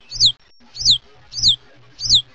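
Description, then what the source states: Hutton's vireo: a high, sharp slurred note repeated four times, about every 0.6 seconds. Recorded in northwest California.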